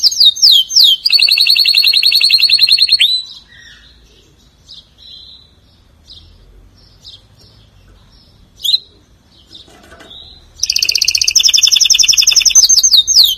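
Atlantic canary singing loud, fast rolling trills, a quieter stretch of soft chirps in the middle, then another bright, rapid trill to the end.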